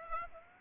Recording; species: mosquito wingbeat signal from an infrared sensor; Aedes aegypti